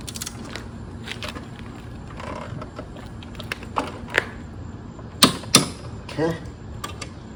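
The blade bolt on a Honda lawn mower blade is tightened with a 3/8 inch click-type torque wrench and 14 mm socket set to 40 lb-ft, with scattered ratcheting and mechanical clicks followed by two sharp, loud snaps. The wrench clicks at 5.6 s, confirming the 40 lb-ft setting is reached, and someone talks.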